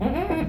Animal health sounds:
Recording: contact call of a hoofed animal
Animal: goat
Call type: low-frequency (closed-mouth) or high-frequency (open-mouth) call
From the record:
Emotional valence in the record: negative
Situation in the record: food frustration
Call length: 0.49 s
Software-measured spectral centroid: 1330 Hz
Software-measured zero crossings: 1010 a second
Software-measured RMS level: -24 dBFS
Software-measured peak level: -11 dBFS

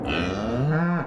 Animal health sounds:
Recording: contact call of a hoofed animal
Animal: cattle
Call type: low-frequency (closed-mouth) or high-frequency (open-mouth) call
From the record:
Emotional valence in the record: negative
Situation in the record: full separation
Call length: 1.06 s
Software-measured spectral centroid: 1380 Hz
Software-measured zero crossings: 1160 a second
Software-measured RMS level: -24 dBFS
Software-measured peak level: -12 dBFS

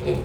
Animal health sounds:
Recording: contact call of a hoofed animal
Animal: pig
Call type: closed-mouth grunt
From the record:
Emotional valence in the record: positive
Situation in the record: food and toys in familiar pen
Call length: 0.25 s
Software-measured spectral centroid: 1810 Hz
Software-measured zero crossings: 960 a second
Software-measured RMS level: -24 dBFS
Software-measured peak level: -12 dBFS

